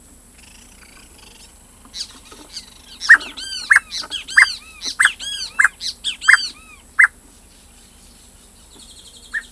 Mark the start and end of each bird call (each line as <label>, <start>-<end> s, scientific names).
Laterallus albigularis, 0.36-2.93 s
Pitangus sulphuratus, 1.92-6.81 s
Campylorhynchus nuchalis, 3.01-7.11 s
Campylorhynchus nuchalis, 9.35-9.49 s